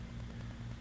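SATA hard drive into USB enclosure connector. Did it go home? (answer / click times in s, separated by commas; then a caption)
no / none. A SATA hard drive is being slid into a USB enclosure case toward its connector, heard as a steady low hum with broadband noise and no distinct impacts. The drive is handled but not yet pushed home; nothing has seated or clicked yet.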